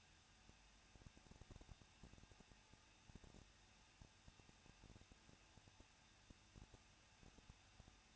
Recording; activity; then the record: daily activity, microphone in the room; no activity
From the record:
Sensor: 2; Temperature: 21.0 degrees Celsius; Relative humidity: 37.4%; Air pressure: 1006.2 hPa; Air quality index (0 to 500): 222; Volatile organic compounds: 24 ppm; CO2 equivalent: 2806 ppm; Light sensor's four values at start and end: 2/3/2/2 and 2/3/2/2